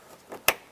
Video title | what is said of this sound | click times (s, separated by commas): How to Replace Driver Side Mirror 2001-2007 Ford Escape | you hear it snap now you can go ahead and reinstall your water shield | 0.5 s